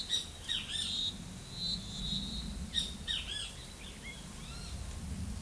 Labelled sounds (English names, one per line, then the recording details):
Great Kiskadee
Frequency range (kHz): Great Kiskadee 1.1-9.8 kHz
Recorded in forest near Pivijay, Magdalena, Colombia, on 17 April 2023 at 16:00
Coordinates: 10.467, -74.380
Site Z5-G034